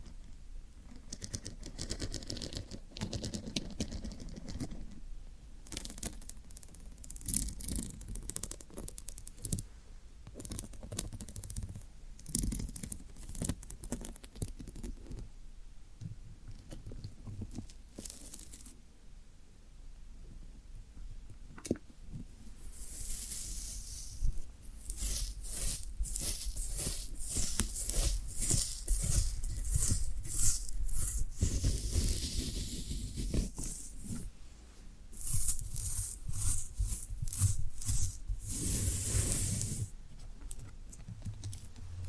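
Floral foam being handled, with dense bursts of crisp crackling, scratching and crumbling that come in quick irregular clusters. The sound is bright and hissy, thins out briefly around eighteen to twenty-two seconds, then returns busier and louder through the second half.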